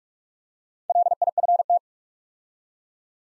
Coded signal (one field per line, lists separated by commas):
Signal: Morse code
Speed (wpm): 44 wpm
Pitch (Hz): 700 Hz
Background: none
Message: LIFT